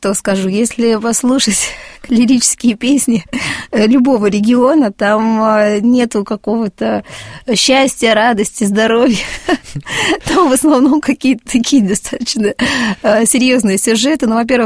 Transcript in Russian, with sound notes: если послушать лирические песни любого региона — там нету какого-то счастья, радости, здоровья (смеется) — там в основном какие-то такие достаточно серьезные сюжеты.